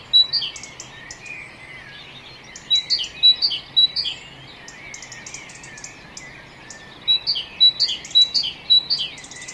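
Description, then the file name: Great tit singing a repeated two-note pattern in short bouts, with faint high ticking sounds in the background. "Parus major"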